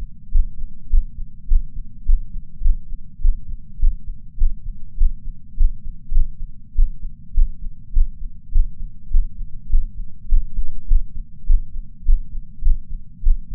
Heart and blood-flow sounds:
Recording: heart sounds by patch sensor on the chest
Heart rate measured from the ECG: 102 bpm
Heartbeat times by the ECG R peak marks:
0.32 s: heartbeat
0.90 s: heartbeat
1.48 s: heartbeat
2.06 s: heartbeat
2.62 s: heartbeat
3.22 s: heartbeat
3.80 s: heartbeat
4.38 s: heartbeat
4.98 s: heartbeat
5.58 s: heartbeat
6.12 s: heartbeat
6.76 s: heartbeat
7.34 s: heartbeat
7.93 s: heartbeat
8.52 s: heartbeat
9.11 s: heartbeat
9.70 s: heartbeat
10.29 s: heartbeat
10.88 s: heartbeat
11.47 s: heartbeat
12.06 s: heartbeat
12.63 s: heartbeat
13.23 s: heartbeat
From the record:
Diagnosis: coronary artery disease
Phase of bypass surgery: intraoperative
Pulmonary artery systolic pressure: 30 mmHg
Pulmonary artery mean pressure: 20 mmHg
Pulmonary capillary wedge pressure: 14 mmHg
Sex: male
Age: 62 years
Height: 165 cm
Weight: 72 kg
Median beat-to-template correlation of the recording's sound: 0.95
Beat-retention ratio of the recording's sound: 0.98

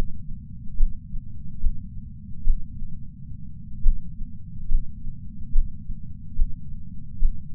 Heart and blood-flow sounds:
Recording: heart sounds by patch sensor on the chest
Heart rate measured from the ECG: 75 bpm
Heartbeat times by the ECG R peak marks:
0.76 s: heartbeat
1.59 s: heartbeat
2.42 s: heartbeat
2.84 s: heartbeat
3.82 s: heartbeat
4.67 s: heartbeat
5.51 s: heartbeat
6.34 s: heartbeat
7.18 s: heartbeat
From the record:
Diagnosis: coronary artery disease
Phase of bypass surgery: intraoperative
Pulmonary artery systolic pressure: 28 mmHg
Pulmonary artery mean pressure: 20 mmHg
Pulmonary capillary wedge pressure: 13 mmHg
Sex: male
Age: 57 years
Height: 172 cm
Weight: 86 kg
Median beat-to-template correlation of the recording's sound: 0.92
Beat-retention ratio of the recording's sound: 0.99

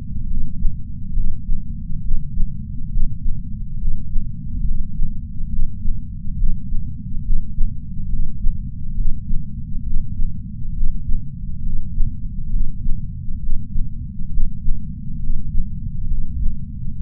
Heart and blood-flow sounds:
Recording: heart sounds by patch sensor on the chest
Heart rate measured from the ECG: 68 bpm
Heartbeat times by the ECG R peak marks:
0.28 s: heartbeat
1.14 s: heartbeat
2.02 s: heartbeat
2.90 s: heartbeat
3.79 s: heartbeat
4.65 s: heartbeat
5.50 s: heartbeat
6.37 s: heartbeat
7.23 s: heartbeat
8.10 s: heartbeat
8.96 s: heartbeat
9.84 s: heartbeat
10.74 s: heartbeat
11.64 s: heartbeat
12.51 s: heartbeat
13.40 s: heartbeat
14.31 s: heartbeat
15.21 s: heartbeat
16.08 s: heartbeat
16.96 s: heartbeat
From the record:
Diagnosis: coronary artery disease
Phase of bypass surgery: preoperative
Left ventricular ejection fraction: 60.7%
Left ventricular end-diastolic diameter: 49 mm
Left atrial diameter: 38 mm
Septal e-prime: 7.7 cm/s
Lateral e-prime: 8.9 cm/s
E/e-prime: 8.7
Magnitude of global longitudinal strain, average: 16.3%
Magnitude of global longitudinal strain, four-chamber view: 16.1%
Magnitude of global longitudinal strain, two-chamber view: 16.3%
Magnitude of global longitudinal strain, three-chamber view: 16.5%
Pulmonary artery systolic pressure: 21 mmHg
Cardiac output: 4.8 L/min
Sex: male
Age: 58 years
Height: 170 cm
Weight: 80 kg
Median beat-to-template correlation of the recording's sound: 0.88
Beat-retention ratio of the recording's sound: 1.00

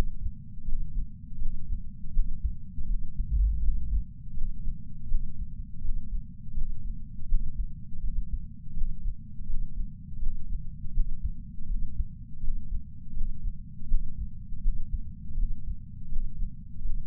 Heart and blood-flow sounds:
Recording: heart sounds by patch sensor on the chest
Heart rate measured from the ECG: 82 bpm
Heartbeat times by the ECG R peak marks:
0.65 s: heartbeat
1.38 s: heartbeat
2.12 s: heartbeat
2.86 s: heartbeat
3.60 s: heartbeat
4.34 s: heartbeat
5.07 s: heartbeat
5.81 s: heartbeat
6.54 s: heartbeat
7.27 s: heartbeat
8.00 s: heartbeat
8.74 s: heartbeat
9.46 s: heartbeat
10.20 s: heartbeat
10.93 s: heartbeat
11.67 s: heartbeat
12.40 s: heartbeat
13.14 s: heartbeat
13.87 s: heartbeat
14.61 s: heartbeat
15.35 s: heartbeat
16.09 s: heartbeat
16.82 s: heartbeat
From the record:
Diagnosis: coronary artery disease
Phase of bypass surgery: postoperative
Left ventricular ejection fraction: 39.2%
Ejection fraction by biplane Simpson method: 34.1%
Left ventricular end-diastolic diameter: 57 mm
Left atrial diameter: 41 mm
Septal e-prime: 4.9 cm/s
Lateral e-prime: 6.9 cm/s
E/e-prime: 12.9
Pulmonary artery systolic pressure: 24 mmHg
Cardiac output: 4.6 L/min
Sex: male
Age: 72 years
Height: 170 cm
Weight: 79 kg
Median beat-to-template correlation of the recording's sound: 0.87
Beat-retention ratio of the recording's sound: 0.99

